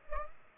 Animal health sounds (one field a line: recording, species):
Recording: mosquito wingbeat signal from an infrared sensor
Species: Culex pipiens